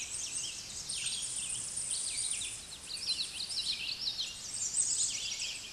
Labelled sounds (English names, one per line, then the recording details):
Common Yellowthroat song
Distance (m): 20 m
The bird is about level with the microphone
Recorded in a Pennsylvania forest on 16 May 2024 at 08:58
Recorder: AudioMoth, point MSD-2478
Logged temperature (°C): 15.6 °C
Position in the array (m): 42 m, 181 m